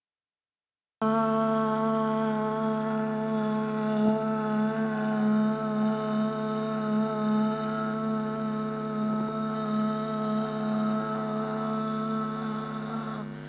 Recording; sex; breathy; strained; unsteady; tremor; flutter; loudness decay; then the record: sustained vowel /a/; female; present; absent; absent; absent; absent; absent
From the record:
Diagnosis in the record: healthy control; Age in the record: 62 years